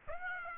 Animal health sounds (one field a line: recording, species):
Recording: mosquito wingbeat signal from an infrared sensor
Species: Aedes aegypti